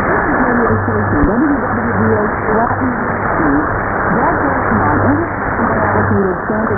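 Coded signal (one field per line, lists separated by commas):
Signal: radio time signal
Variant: WWV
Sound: shortwave hiss with low hum pulses, faint clicks and a distant voice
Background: radio static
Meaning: Time signal ticks marking UTC seconds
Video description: Time signals from Colorado received loud and clear, with Hawai barely audible in the background on 10 mHz.around 0620 UTC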